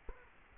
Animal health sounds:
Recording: mosquito wingbeat signal from an infrared sensor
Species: Culex quinquefasciatus

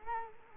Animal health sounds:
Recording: mosquito wingbeat signal from an infrared sensor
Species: Culex quinquefasciatus

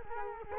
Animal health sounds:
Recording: mosquito wingbeat signal from an infrared sensor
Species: Culex quinquefasciatus

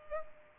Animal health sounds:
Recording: mosquito wingbeat signal from an infrared sensor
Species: Culex pipiens

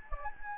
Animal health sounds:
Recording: mosquito wingbeat signal from an infrared sensor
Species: Anopheles gambiae

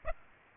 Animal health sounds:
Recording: mosquito wingbeat signal from an infrared sensor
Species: Aedes aegypti

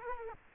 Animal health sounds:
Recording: mosquito wingbeat signal from an infrared sensor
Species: Culex quinquefasciatus

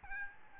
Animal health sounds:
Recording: mosquito wingbeat signal from an infrared sensor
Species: Aedes albopictus

